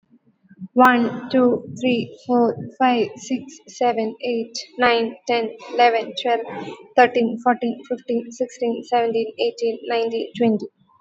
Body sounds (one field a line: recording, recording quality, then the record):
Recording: counting at a normal pace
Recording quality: excellent, no background noise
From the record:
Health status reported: recovered from COVID-19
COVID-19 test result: negative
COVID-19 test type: RT-PCR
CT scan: not taken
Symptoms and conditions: none ticked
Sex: female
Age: 29 years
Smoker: no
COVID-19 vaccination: both doses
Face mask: worn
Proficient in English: yes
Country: India